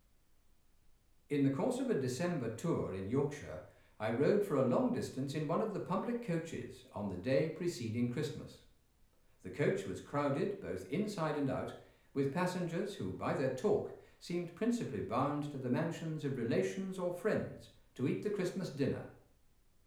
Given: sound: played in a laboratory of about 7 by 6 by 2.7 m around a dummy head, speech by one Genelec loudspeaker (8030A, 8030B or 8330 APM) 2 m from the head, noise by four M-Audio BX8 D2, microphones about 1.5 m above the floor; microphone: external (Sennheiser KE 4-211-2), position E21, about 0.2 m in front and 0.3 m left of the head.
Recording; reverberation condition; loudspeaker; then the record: male speech in English; medium; 60 degrees to the right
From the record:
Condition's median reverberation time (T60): about 510 ms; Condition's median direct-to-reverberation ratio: about -0.5 dB